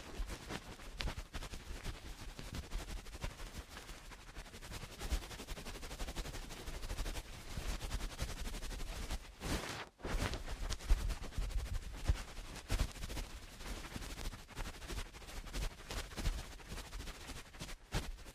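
Eardrum cleaning produces a steady, dense crackle of rapid pops and scratches with low rumbling underneath, briefly quieting around ten seconds.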